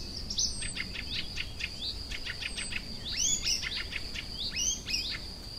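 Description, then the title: Icterine warbler singing brisk buzzy strokes and quick upslurred squeaks, a thin steady high whine running throughout beneath the phrases. Kirchdorf, Germany. "Kirchdorf, Deutschland - Gelbspötter"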